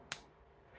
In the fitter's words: let me just let me show you the snap